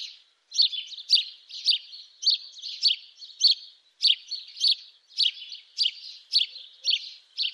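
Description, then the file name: House sparrow calling in a continuous series of scratchy chirps, roughly two per second, slightly uneven rhythm, with nothing else clearly audible. "Domovyj vorobej Passer domesticus"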